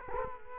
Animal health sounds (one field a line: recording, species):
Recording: mosquito wingbeat signal from an infrared sensor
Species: Culex quinquefasciatus